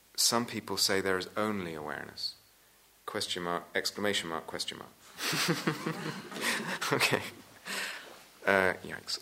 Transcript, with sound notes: Some people say there is only awareness?!?" Question mark, exclamation mark, question mark. [laughter] Okay. Yikes.